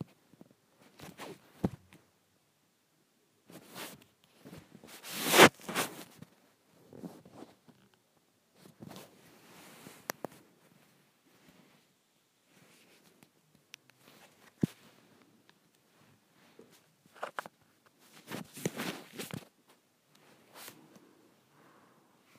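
Something swishes and rustles close to the microphone in irregular bursts, loudest around five seconds and again near eighteen to nineteen seconds. A few sharp knocks land between the swishes, separated by near-silent pauses.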